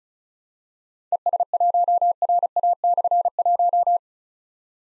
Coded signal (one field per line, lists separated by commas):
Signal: Morse code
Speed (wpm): 36 wpm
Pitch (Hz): 700 Hz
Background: none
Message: ES1RA/1